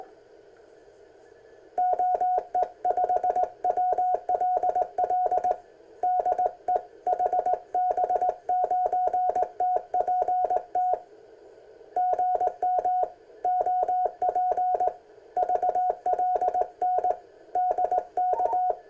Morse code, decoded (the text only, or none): OE5WLL DE HB9TPT GM OP VLN DK